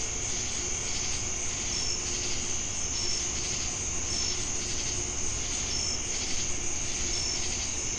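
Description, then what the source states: Cricket chorus, steady and shrill, punctuated by regular short high notes, over a pulsing drone of other insects. Crickets recorded together with cicadas in Jamestown, North Carolina, on 10 August 2018.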